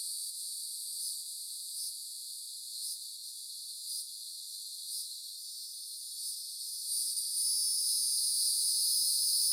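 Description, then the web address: Cicadas buzzing in a high, hissing drone with soft pulses about every second, then a louder, fuller buzz swelling in after seven seconds. Cicadas in upland hardwood forest at Green Mountain, Central Florida. "GDC 2019-Game Audio Bundle Sound Spark LLC – FOREST AMBIENCE 1 CENTRAL FLORIDA Upland Hardwoods Green Mountain Nature Forest Cicadas Isolated"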